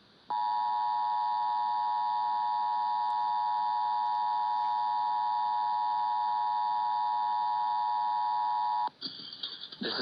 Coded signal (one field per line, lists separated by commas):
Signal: Emergency Alert System (SAME) tones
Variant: 853 and 960 Hz attention tone